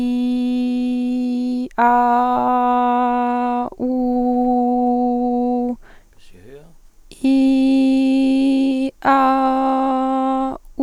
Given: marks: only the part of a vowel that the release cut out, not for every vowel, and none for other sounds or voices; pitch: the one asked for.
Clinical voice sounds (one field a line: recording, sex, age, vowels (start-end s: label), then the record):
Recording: sustained vowels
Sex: female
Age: 20 to 29 years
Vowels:
0.00-1.50 s: vowel /i/, normal pitch
1.97-3.51 s: vowel /a/, normal pitch
3.98-5.58 s: vowel /u/, normal pitch
7.36-8.69 s: vowel /i/, high pitch
9.15-10.41 s: vowel /a/, high pitch
From the record:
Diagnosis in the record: healthy voice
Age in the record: 21 years